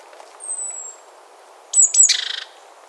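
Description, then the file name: Great tit call: two sharp, very high notes running straight into a short buzzy, rattling churr, heard once, after a thin high whistle earlier on. "Parus major"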